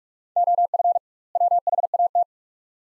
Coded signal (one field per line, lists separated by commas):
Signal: Morse code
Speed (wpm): 46 wpm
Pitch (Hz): 700 Hz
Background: none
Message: OF WHAT